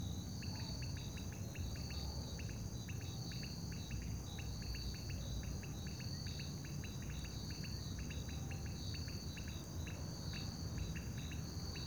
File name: Sapos no lago a noite com grilos e transito longe